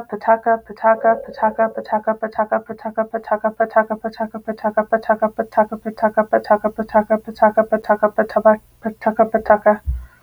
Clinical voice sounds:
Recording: repeated syllables /pa ta ka/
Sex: female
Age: 30 to 39 years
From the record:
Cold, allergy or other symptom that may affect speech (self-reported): no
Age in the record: 37 years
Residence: Ohio, United States

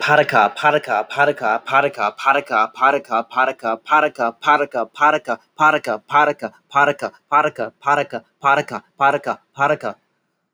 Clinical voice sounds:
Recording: repeated syllables /pa ta ka/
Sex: male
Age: 20 to 29 years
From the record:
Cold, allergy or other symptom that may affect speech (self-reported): no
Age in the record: 27 years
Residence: Michigan, United States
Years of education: 14

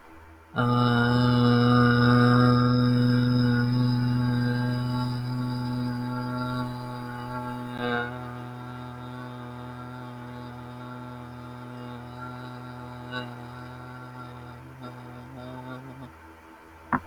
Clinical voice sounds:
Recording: vowel held as long as possible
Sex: male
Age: 20 to 29 years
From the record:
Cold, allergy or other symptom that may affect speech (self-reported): no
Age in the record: 24 years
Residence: New York, United States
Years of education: 0

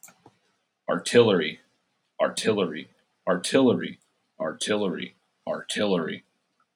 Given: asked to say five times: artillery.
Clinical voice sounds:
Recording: repeated word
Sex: male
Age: 30 to 39 years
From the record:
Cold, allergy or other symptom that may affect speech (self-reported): no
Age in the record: 30 years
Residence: Oregon, United States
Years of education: 16

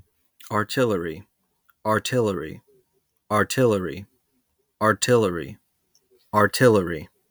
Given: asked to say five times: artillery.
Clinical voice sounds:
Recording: repeated word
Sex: male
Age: 20 to 29 years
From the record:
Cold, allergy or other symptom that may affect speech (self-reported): no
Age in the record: 29 years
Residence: New York, United States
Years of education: 16

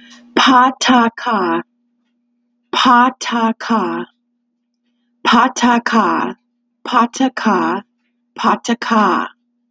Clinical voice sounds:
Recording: repeated syllables /pa ta ka/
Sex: female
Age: 40 to 49 years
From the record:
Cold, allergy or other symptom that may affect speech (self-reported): no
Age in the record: 40 years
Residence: Ohio, United States

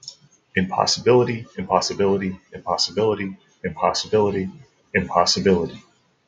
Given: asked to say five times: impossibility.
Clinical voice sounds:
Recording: repeated word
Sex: male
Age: 30 to 39 years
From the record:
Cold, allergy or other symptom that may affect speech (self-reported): no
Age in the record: 35 years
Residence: Ohio, United States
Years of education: 16

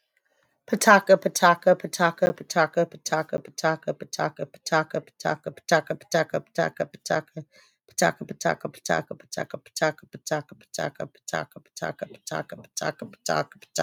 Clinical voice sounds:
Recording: repeated syllables /pa ta ka/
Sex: female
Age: 40 to 49 years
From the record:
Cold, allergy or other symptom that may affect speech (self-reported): no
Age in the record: 42 years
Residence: Pennsylvania, United States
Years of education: 12

